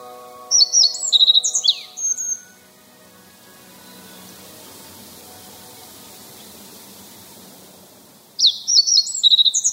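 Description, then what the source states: Yellow Bunting song: a bright phrase of high tinkling notes lasting about two seconds, repeated after a long pause. Singing actively from the top of a red pine in a dense planted forest in Nishigo village, southern Fukushima Prefecture, Japan; song claims territory and attracts females.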